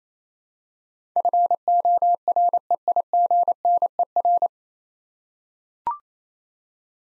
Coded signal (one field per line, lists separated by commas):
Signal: Morse code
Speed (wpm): 27 wpm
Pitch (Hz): 700 Hz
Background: none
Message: FOREIGNER